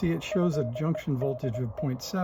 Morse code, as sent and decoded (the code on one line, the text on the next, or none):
..-. . -.. .
FEDE